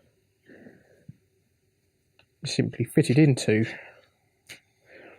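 A battery pack is held and lined up with the body of a Ryze Tello micro drone before being fitted, with soft handling rustles, a faint brief tick near 2.2 s, and someone talking. The battery has not yet been pushed home, and nothing has seated or clicked yet.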